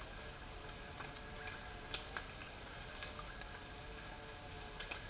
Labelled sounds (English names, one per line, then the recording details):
none
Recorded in dense forest near Puerto Asís, Putumayo, Colombia, on 12 March 2025 at 10:00
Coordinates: 0.485, -76.318
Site G056